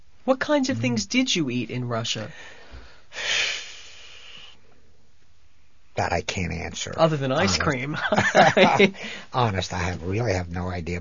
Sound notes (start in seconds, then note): 3.1 he sighs; 7.5 they laugh